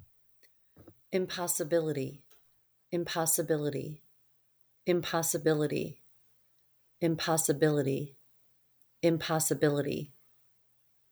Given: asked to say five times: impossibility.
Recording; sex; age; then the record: repeated word; female; 40 to 49 years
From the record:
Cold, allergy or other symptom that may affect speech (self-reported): no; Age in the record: 49 years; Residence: Michigan, United States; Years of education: 15